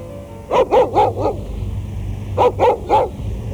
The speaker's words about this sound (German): Schon wieder ein Hund. Offenbar einer aus dem Armenviertel. Dem Kutscher gehört er nicht, sonst würde er ihn nicht verjagen. Jetzt hat er es ihm aber gegeben. Die Bestie wollte tatsächlich auf die Kutsche springen.